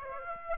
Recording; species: mosquito wingbeat signal from an infrared sensor; Aedes aegypti